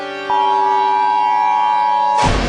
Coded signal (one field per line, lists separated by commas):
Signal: Emergency Alert System (SAME) tones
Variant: 853 and 960 Hz attention tone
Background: music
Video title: Just a random low quality EAS vid @JEMTheEASGuy2026